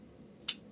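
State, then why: Seated. A small plastic screen piece on a transforming robot toy is lined up tab-to-slot and pressed in, giving one short, bright press contact at 0.5 s against a quiet background. The piece is seated and holds with a friction fit rather than a latch click.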